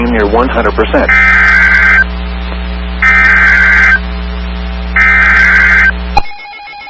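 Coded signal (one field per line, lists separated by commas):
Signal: Emergency Alert System (SAME) tones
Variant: header bursts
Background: speech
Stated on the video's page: Severe thunderstorm and flash flood alerts received on weather radio stations WXK35, WXK36 and KWN34.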